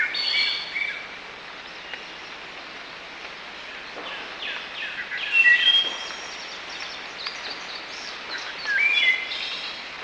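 Bird calls in scattered bursts, clear thin whistles and chattering notes at start, middle and end over constant background hiss.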